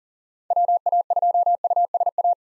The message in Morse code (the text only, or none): WA2USA